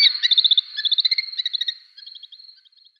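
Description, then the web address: Red-footed falcon calls: a rapid chatter of high, shrill notes that gradually fades and thins out. "Schulze Peter Red-footed Falcon"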